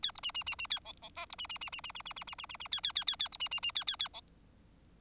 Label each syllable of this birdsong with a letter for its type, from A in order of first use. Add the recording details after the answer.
A B C C C C A D D E B C C C C C C C C C C C C A A A A A B C C C A A A D. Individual Bird4